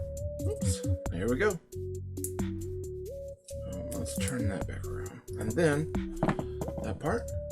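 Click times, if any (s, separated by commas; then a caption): none. A plastic Hasbro Star Wars: The Force Awakens Elite Speeder Bike toy with Stormtrooper is turned back around while a plastic part is readied to snap down onto the bike body, with light handling taps heard over background music as someone talks. Nothing has seated or clicked into place yet.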